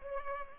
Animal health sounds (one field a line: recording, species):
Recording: mosquito wingbeat signal from an infrared sensor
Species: Culex pipiens